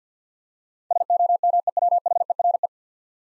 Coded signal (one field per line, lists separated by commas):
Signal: Morse code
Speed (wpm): 48 wpm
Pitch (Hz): 700 Hz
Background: none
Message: SOMEWHERE